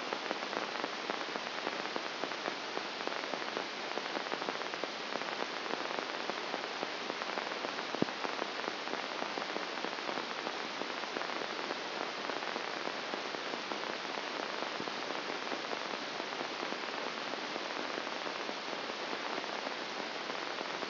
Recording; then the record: brain microelectrode recording played as sound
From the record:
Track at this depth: inside the subthalamic nucleus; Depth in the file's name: 1.005 mm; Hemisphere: left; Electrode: 2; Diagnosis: Parkinson's disease